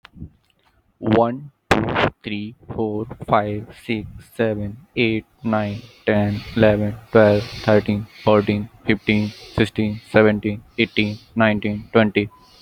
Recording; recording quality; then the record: counting at a normal pace; moderate, slight background noise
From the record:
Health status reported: healthy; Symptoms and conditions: none ticked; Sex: male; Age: 22 years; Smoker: not ticked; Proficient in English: yes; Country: India